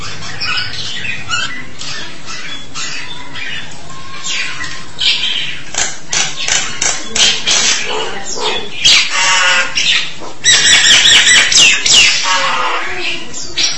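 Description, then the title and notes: Starling song: a long varied series of harsh clicks, rattles and squeaky notes, ending in a rapid buzzy chatter. "suara burung jalak"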